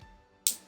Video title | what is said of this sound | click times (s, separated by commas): September 3 2025 Banana Slug Time | Ooh, that was a good snap sound. | 0.5 s